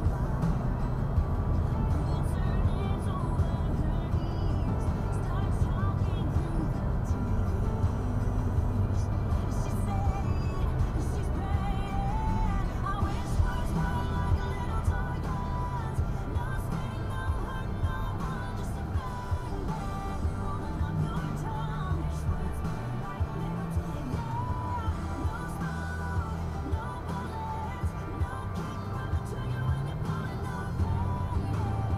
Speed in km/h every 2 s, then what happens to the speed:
82, 81, 79, 79, 74, 66, 58, 52, 44, 35, 24, 18, 10, 3, 15, 27.
0-25 slows to 3. 25-32 speeds up to 27.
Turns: none.